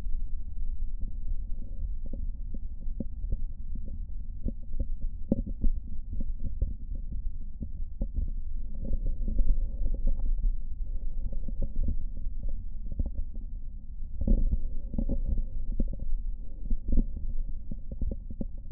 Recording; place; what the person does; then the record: lung sounds by stethoscope; right posterior basal chest; quiet breathing, then deep breathing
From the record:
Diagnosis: interstitial lung disease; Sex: male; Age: 66 years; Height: 172 cm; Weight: 107.6 kg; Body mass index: 36.4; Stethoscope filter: diaphragm mode